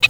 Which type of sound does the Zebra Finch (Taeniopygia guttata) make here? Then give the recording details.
hat call. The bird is a female. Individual fem9